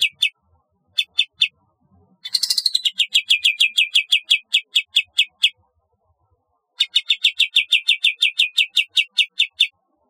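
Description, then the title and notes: Bulbul song in several bursts of rapid, repeated chirps, separated by short silent gaps. "Kicau Burung Kapas"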